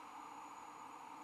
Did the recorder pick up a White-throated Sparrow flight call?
no